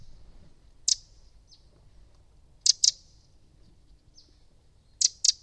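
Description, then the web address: Bird calling with crisp high-pitched chirps, single or in close pairs, spaced irregularly a second or two apart, with faint soft notes between and quiet low rumble. "Deverinetal 2025 File origin Bird Only"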